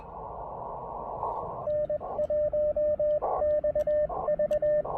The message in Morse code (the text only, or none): N1XV